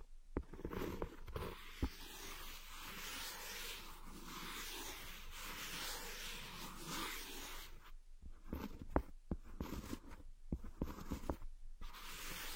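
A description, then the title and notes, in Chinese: Ear picking, a dense scratchy rustle that runs almost without pause. Sharp clicks and pops stand out near the start and again around nine to eleven seconds, with a couple of brief quiet gaps late in the clip. 抠耳朵。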